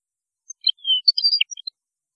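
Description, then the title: European goldfinch song: one short, liquid twittering phrase of high notes with a drawn-out sliding note falling in the middle, then a few quick chirps. "Chant Chardonneret"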